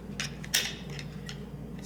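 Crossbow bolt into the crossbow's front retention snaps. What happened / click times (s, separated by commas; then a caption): The shaft snapped into its retention clips / 0.6 s. A crossbow bolt is pushed through the front retention snaps of an Excalibur TwinStrike crossbow until it sits back in place, and it seats with a sharp, bright click at 0.6 s. Softer ticks come before it at about 0.2 s and after it at about 1.3 s, over a steady low hum.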